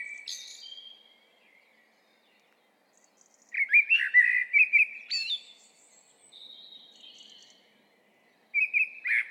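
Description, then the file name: Common blackbird song, a mellow fluted phrase followed by high, wispy twittering, then a new warbled phrase begins after a short silence. "Turdus merula"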